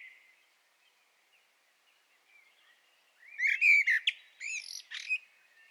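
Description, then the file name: Common blackbird singing, faint mellow warbles at first, then a loud rich fluted phrase breaking into shrill, scratchy twittering notes near the end. "Turdus merula"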